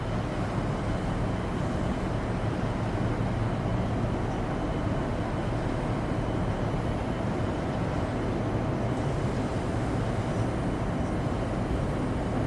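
Inside a ferry cabin, a steady low engine rumble and hum drone on without change, dense and even, with faint hiss above.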